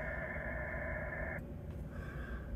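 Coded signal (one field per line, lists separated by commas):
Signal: FT8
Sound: several overlapping steady warbling tones that cut off together, then one faint tone returns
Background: radio static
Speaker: so 2 meter ft8 there's the waterfall there's the stations you're hearing and seeing we'll see if I can get uh here's wb2 fko let's see if I can get him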